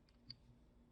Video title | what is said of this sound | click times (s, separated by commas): Excellent Cell Phone Holder Mount For Car-Easy Installation | So all you have to do is just push in, and you can hear it click. | 0.3 s